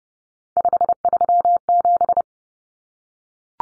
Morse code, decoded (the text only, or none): 537